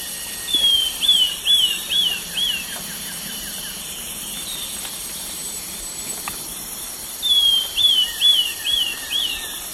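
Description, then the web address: Chestnut-crowned becard song: a run of five clear whistled notes, given twice, over a steady high insect drone. South America, eastern lowlands. "Natures Songs S America Eastern Lowlands. Chestnut-crowned Becard"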